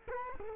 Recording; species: mosquito wingbeat signal from an infrared sensor; Culex quinquefasciatus